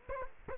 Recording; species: mosquito wingbeat signal from an infrared sensor; Culex quinquefasciatus